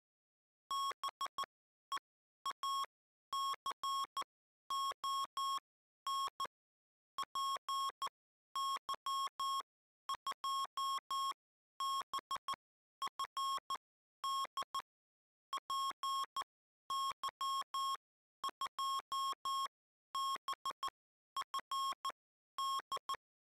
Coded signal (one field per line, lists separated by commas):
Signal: Morse code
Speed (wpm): 14 wpm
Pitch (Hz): 1080 Hz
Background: none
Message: BEACON PY2BFD PY2BFD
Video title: Beacon PY2BFD recebido 2019-02-16/153456 por PU2NVX